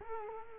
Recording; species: mosquito wingbeat signal from an infrared sensor; Culex quinquefasciatus